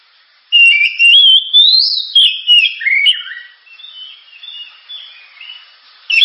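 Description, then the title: Oriental magpie-robin song opening with a long rising whistle, followed by quick varied chirps that fade into softer warbling. Sharp, very loud song, used as a lure to train other birds to sing. "Kacer Gacor Suara Tajam. Kacer Gacor Suara Super Kenceng Cocok untuk Pancingan"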